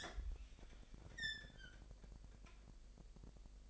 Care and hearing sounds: daily activity, microphone in the room; open fridge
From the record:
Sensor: 5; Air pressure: 1002.0 hPa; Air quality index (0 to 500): 210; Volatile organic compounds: 21 ppm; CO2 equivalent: 2731 ppm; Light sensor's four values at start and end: 10/23/9/11 and 11/25/10/12

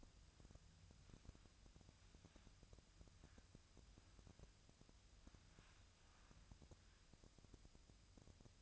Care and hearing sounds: daily activity, microphone in the room; wipe stove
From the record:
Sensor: 2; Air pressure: 1004.6 hPa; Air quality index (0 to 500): 79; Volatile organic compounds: 1 ppm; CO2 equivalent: 939 ppm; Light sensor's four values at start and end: 7/16/6/6 and 7/16/6/6

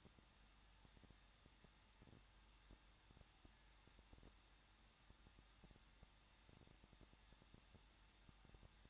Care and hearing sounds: daily activity, microphone in the room; no activity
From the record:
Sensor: 3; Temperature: 21.2 degrees Celsius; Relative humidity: 36.2%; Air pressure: 1006.4 hPa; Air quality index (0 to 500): 221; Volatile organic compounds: 39 ppm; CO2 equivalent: 3136 ppm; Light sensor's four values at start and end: 2/3/2/2 and 2/3/2/2

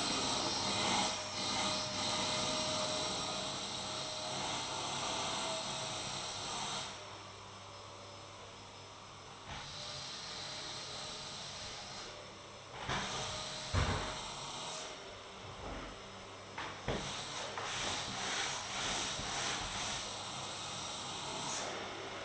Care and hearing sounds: daily activity, microphone in the room; vacuum cleaning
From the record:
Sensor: 3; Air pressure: 999.2 hPa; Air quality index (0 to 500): 203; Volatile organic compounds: 50 ppm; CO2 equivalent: 3301 ppm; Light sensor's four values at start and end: 7/17/7/6 and 7/17/7/6

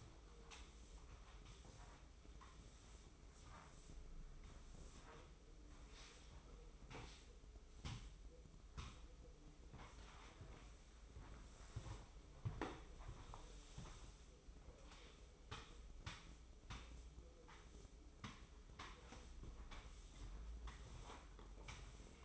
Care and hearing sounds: daily activity, microphone in the room; sweep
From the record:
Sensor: 1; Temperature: 24.1 degrees Celsius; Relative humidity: 31.5%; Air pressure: 995.9 hPa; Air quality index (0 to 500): 67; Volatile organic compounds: 3 ppm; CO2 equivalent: 1360 ppm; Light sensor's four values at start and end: 29/99/38/40 and 27/93/36/37

